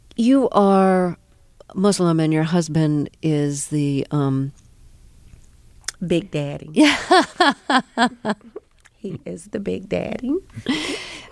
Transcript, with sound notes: You are Muslim, and your husband is the...
Big daddy. [SOUNDBITE OF LAUGHTER] He is the Big daddy.
Yeah.